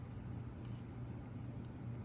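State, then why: Not seated. A sleeve on a five-tier metal wire shelving rack is handled at a groove on the steel post, with a shelf to be pushed down until it locks. Over a steady low hum, brief faint handling ticks are heard. Nothing has seated or clicked yet.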